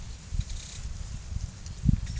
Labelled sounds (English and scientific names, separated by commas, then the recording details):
none
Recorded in pastures near Puerto Asís, Putumayo, Colombia, on 22 December 2024 at 11:30
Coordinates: 0.487, -76.322
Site GP09